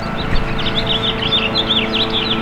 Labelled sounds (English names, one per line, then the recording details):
House Finch song
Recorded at Merrick on Long Island, New York, on 17 May 2013
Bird A